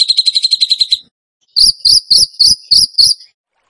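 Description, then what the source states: Bird song: a short fast high trill, a pause, then six spaced sharp chipping notes at an even pace. Masteran training recording in the tembakan gacor style.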